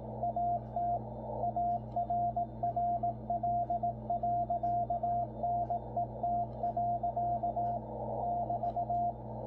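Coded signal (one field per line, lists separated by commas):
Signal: Morse code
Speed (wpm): 18 wpm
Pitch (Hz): 700 Hz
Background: radio noise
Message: AT ARRL.NET. <BT>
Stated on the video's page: CW bulletin on 3581.5 kHz shortwave, received on a Yaesu FTdx10 transceiver with adjusted AGC.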